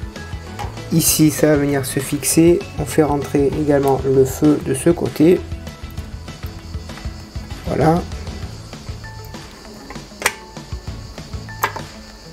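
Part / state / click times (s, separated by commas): front wing assembly into model car body / seated / 10.3 s, 11.6 s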